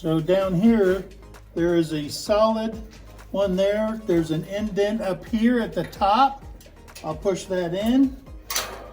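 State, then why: Seated. Someone talks while pushing a grill cabinet door so its hinge pin goes into the indent at the top of the cabinet frame, with a solid pin at the bottom. A single sharp click sounds at 8.5 s as the pin locks into the hinge hole and the door is seated.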